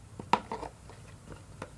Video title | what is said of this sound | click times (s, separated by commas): my gym review | makes a nice click sound when you close it. | 0.3 s